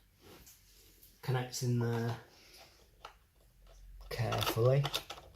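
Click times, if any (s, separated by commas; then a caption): none. Someone talks while handling the connection-box lead for a 2018 Samsung QE55Q9FN QLED TV: its protective cover is taken off and its plastic plug is brought to the socket on the back of the TV. Between stretches of speech there are brief, quiet handling noises, including a short sharp tap near 3.1 s. Nothing has clicked or seated yet; the plug is not yet home.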